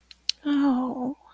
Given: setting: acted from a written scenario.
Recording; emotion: vocal sound without words; sympathy